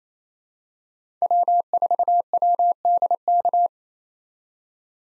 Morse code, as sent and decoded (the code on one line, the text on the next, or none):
.-- ....- .-- -.. -.-
W4WDK